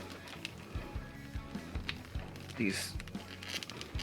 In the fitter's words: pieces here should have made it into place so i'm gonna take a look at that and see why this isn't going into place because it